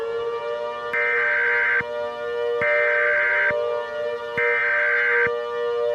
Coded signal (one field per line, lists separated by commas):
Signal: Emergency Alert System (SAME) tones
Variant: header bursts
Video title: EAS Mock: Carbon Hill Catastrophe